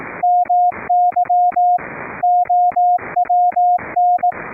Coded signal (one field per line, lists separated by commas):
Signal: Morse code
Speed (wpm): 18 wpm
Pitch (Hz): 710 Hz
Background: none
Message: MY OWN